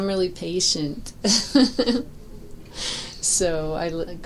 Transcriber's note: laughs